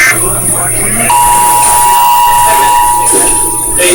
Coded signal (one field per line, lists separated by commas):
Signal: Emergency Alert System (SAME) tones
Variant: 853 and 960 Hz attention tone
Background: speech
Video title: EAS Test